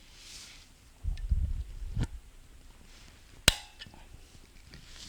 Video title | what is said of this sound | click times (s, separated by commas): Tear Down and Rebuild 2002 Honda Odyssey Transmission - Part 14 | so that's tapped into place and that snapped into place | 3.5 s